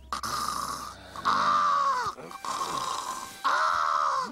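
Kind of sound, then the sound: vocal imitation, voice imitating loud snoring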